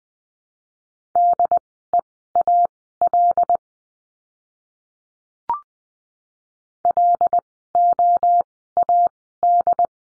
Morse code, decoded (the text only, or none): DEAL LOAD